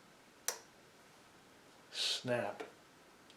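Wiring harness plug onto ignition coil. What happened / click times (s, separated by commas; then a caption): The plastic plug snapped onto its connector / 0.5 s. A plastic wiring harness plug is pushed onto the ignition coil connector of a 2005 Chevy Colorado (GMC Canyon) during coil and spark plug replacement to fix a rough, misfiring idle. A single sharp snap at 0.5 s marks the plug seating on the coil, followed by someone talking. The connector is seated.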